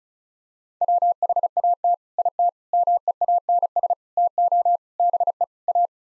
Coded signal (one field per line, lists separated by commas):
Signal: Morse code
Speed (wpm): 34 wpm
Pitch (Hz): 700 Hz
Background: none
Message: WHAT IT MEANS TO BE A